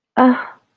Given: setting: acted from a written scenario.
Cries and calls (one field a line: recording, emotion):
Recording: vocal sound without words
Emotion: disappointment